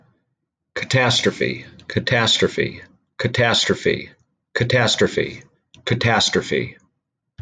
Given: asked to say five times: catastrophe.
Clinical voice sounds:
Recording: repeated word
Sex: male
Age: 40 to 49 years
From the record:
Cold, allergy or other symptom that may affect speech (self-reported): no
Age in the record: 47 years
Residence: New York, United States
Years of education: 14

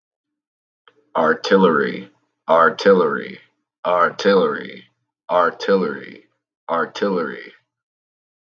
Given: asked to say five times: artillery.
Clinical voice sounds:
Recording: repeated word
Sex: male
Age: 20 to 29 years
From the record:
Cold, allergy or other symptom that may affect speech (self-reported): no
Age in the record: 25 years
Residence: Kentucky, United States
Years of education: 12

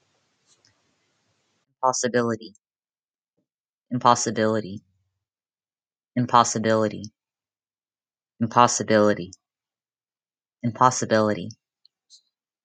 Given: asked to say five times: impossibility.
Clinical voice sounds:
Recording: repeated word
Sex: female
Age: 20 to 29 years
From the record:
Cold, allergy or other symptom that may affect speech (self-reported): no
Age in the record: 24 years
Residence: California, United States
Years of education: 14

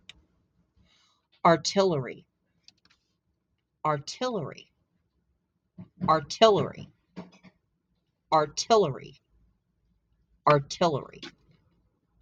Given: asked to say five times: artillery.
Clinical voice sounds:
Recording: repeated word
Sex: female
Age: 60 to 69 years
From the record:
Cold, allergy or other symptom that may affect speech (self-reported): no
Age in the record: 64 years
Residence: Idaho, United States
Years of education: 16

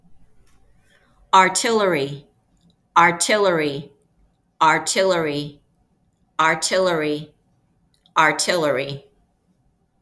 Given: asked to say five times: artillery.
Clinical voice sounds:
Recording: repeated word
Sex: female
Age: 50 to 59 years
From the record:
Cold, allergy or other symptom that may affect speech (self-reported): no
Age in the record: 55 years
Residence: Massachusetts, United States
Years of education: 14

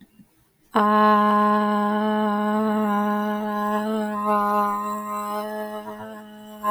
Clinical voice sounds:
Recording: vowel held as long as possible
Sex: female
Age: 18 to 19 years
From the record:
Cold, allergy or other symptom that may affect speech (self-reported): no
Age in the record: 19 years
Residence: Iowa, United States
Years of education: 14

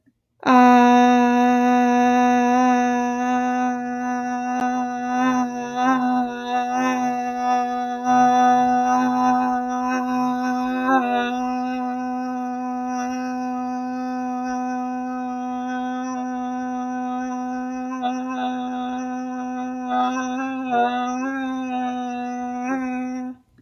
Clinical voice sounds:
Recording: vowel held as long as possible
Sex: female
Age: 20 to 29 years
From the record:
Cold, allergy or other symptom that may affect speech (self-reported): no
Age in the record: 28 years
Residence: New York, United States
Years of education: 19

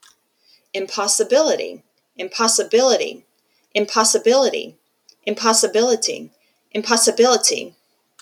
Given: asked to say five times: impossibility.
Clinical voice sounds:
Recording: repeated word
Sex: female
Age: 40 to 49 years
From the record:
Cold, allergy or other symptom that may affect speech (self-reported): no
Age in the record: 44 years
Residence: Texas, United States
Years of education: 17

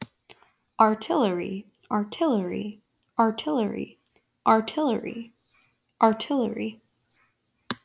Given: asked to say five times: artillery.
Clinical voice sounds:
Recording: repeated word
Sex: female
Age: 20 to 29 years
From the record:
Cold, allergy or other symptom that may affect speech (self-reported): no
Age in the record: 24 years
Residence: Kentucky, United States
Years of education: 15

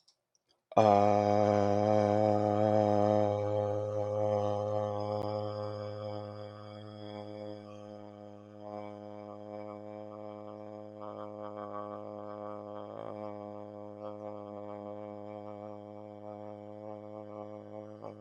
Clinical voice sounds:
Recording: vowel held as long as possible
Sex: male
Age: 20 to 29 years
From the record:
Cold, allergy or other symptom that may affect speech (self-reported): no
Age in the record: 24 years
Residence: Maryland, United States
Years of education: 17

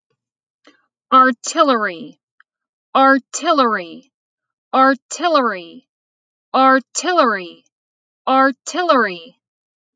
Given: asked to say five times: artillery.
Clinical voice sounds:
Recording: repeated word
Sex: female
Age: 30 to 39 years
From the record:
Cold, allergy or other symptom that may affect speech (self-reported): no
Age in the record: 36 years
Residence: Pennsylvania, United States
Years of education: 16

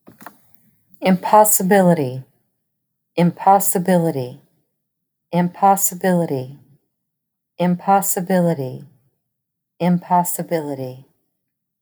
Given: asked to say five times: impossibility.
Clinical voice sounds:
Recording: repeated word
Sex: female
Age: 40 to 49 years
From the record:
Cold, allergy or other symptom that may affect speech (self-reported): no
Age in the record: 45 years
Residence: Texas, United States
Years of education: 14

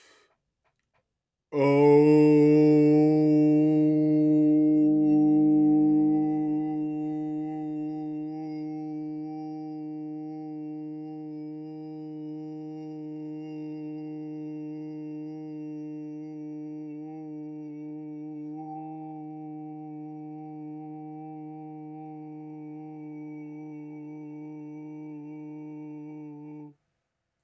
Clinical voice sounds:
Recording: vowel held as long as possible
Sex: male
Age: 30 to 39 years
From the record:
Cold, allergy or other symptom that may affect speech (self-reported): no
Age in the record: 38 years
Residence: United States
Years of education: 16

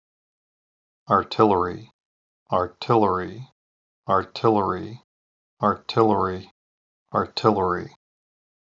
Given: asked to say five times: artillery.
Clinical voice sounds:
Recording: repeated word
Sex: male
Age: 50 to 59 years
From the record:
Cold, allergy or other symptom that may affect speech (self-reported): no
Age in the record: 53 years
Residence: Pennsylvania, United States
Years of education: 14

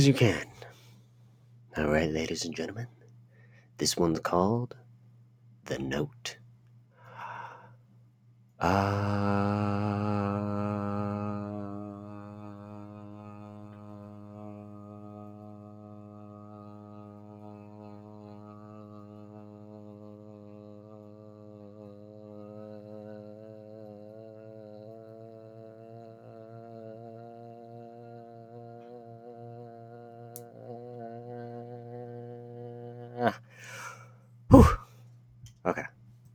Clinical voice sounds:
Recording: vowel held as long as possible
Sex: male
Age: 20 to 29 years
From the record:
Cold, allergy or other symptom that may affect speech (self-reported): no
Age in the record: 26 years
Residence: Pennsylvania, United States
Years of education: 4

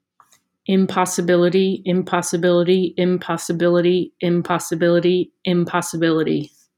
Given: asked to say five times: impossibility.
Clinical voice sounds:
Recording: repeated word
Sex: female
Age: 30 to 39 years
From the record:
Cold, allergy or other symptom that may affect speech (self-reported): no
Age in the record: 33 years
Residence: New York, United States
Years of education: 19

